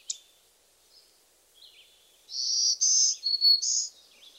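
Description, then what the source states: Black-throated Green Warbler song: a short phrase of high buzzy notes, two level buzzes, then a lower note and a final higher buzz, after a few soft high notes. Two common song versions, one a slower, buzzy 'trees, trees, murmuring trees'.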